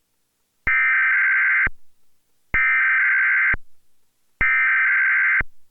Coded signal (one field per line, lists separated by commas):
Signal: Emergency Alert System (SAME) tones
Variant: header bursts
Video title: TWC's Local On The 8s, brought to you by... the Emergency Alert System?